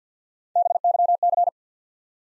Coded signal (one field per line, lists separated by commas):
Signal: Morse code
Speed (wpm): 50 wpm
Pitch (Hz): 700 Hz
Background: none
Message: BYC